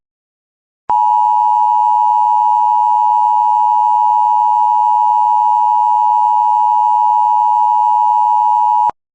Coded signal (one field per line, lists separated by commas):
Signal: Emergency Alert System (SAME) tones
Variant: 853 and 960 Hz attention tone